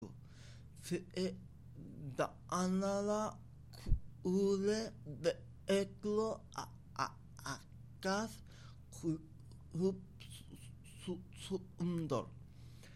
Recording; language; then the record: elicited speech; Bengali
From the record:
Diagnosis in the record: Broca's or global aphasia after a stroke